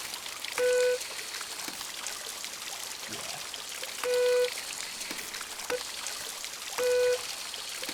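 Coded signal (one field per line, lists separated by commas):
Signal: none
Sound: a game's puzzle sounds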